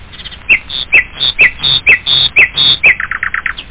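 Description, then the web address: Bird calls: short, squeaky chirps repeated about twice a second, finishing with a quick run of lower notes. "da capo speech animals bird"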